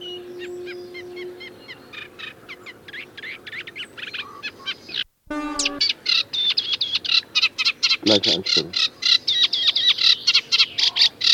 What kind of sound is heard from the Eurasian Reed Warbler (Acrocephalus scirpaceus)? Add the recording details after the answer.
song. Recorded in the wild. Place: Lütow, Insel Usedom, Mecklenburg-Vorpommern, DE. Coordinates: 54.032, 13.888. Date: 1975-06-13. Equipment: Nagra III BH, Sennheiser MD 21, parabola. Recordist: Schubert, Michael. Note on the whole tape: Gesang Teichrohrsänger